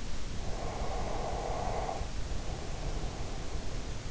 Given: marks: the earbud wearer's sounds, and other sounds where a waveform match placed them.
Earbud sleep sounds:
sounds in sleep by an in-ear microphone; breath
0.00-4.00 s: breath

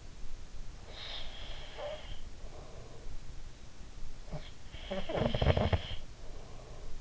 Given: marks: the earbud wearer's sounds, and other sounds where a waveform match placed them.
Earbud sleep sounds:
sounds in sleep by an in-ear microphone; snoring breath
0.46-3.25 s: snoring breath
4.61-6.92 s: snoring breath

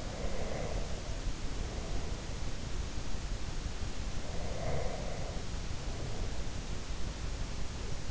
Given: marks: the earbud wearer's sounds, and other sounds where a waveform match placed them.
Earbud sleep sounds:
sounds in sleep by an in-ear microphone; breath
0.00-2.11 s: breath
4.33-6.33 s: breath

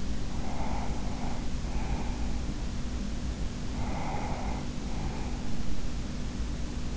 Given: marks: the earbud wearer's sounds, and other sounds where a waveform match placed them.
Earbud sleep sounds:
sounds in sleep by an in-ear microphone; breath
0.00-2.64 s: breath
3.84-6.20 s: breath

